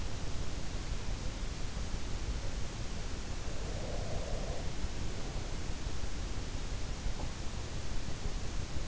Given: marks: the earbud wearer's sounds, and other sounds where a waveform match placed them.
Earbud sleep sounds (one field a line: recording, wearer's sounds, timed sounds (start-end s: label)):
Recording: sounds in sleep by an in-ear microphone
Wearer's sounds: breath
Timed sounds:
3.56-4.71 s: breath